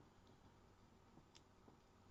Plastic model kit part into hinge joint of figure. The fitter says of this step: but just snaps back in and